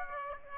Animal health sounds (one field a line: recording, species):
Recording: mosquito wingbeat signal from an infrared sensor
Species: Aedes aegypti